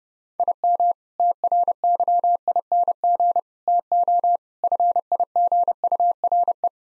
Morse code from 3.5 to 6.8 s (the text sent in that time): TO FIGURE